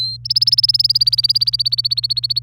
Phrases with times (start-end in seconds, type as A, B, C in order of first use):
0.00-0.17 A, 0.25-2.42 B